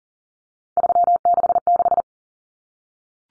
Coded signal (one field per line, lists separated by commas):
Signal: Morse code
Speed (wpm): 40 wpm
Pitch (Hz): 700 Hz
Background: none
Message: 366